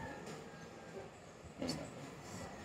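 An Insta360 action camera is being handled as it is fitted onto its mount or holder to lock in. There is low handling noise with a brief louder burst around 1.6 s, but nothing has seated or clicked yet.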